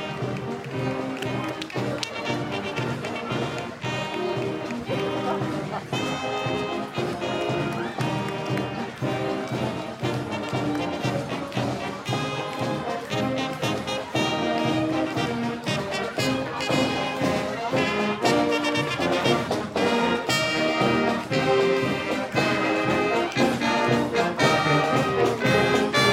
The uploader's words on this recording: Listen to the soundscape of the Memorial Day parade on College Ave in Downtown Appleton.